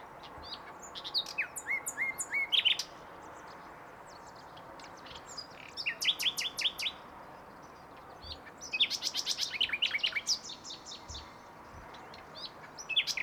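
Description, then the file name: Common nightingale singing in several bursts, each a string of quick rising notes and sharp high strokes, separated by pauses of a few seconds. "Luscinia megarhynchos"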